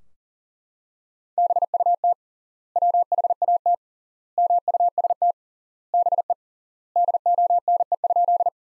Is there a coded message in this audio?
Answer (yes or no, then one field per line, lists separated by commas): yes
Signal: Morse code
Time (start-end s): 1.4-8.5 s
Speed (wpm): 40 wpm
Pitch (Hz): 700 Hz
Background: none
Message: BUT WHAT MUST BE DONE?